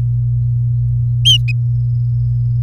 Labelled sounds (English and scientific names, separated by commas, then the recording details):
Domestic Canary (Serinus canaria) song
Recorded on 4 May 2018 at 09:29
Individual llb16